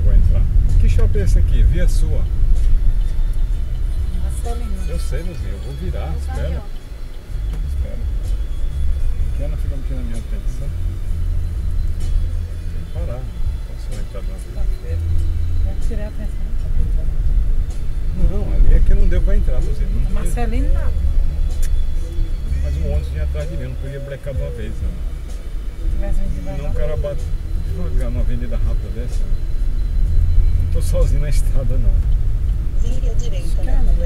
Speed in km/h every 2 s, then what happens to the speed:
22, 14, 6, 7, 12, 12, 8, 14, 21, 24, 20, 9, 10, 18, 23, 26, 28.
0-4 brakes to 6. 4-8 speeds up to 12. 8-13 steady at about 12. 13-17 speeds up to 24. 19-22 brakes to 9. 23-34 speeds up to 28.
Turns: 5-10.